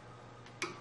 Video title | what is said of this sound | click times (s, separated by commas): wheel bearing | one click we're good | 0.6 s